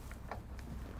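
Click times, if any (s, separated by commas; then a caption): none. The aft cockpit settee of a Beneteau Antares 11 outboard cruiser is handled in its sliding track, with faint short ticks near 0.1 s and 0.6 s and a sharper tap at 0.3 s over a steady low background rumble. Nothing has seated or locked into position yet.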